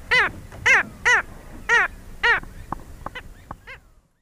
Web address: Natures Songs S America Eastern Lowlands Rynchops niger, calls